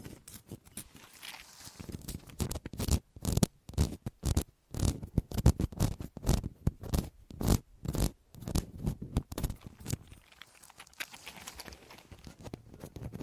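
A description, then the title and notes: Crinkly scratching and clicky rustles in rapid bursts, busiest from three to ten seconds, then softer, sparser scraping near the end. ASMR 9 New Tingle Triggers + Mic Test Deep Ear Crinkles, Clicky, Scratchy, Massage （No Talking）.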